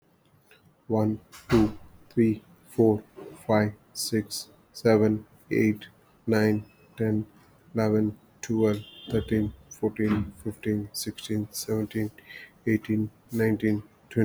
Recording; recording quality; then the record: counting at a normal pace; excellent, no background noise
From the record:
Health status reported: healthy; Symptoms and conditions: diabetes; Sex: male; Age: 50 years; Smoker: yes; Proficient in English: yes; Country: India